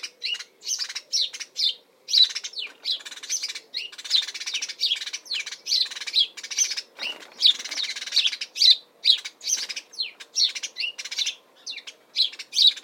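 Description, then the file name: House sparrow chirps come thick and fast, a continuous excited chatter of short, shrill notes with hardly a pause. Chirp calls in spring, Suffolk, UK. "Bird House Sparrow UKSuffolk Spring Calls Chirp"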